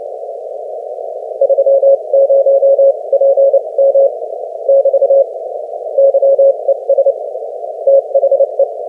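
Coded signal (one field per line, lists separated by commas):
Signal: Morse code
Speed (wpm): 27 wpm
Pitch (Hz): 550 Hz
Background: none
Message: 30PM <BT> YES THE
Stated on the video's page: Morse QSO at 30 wpm between two amateur operators, a fast code-buddy contact practising sending and copying.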